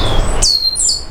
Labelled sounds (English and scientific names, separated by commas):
Stitchbird (Notiomystis cincta) song